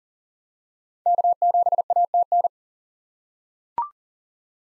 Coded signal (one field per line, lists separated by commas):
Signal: Morse code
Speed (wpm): 40 wpm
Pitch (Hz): 700 Hz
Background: none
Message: K7ATN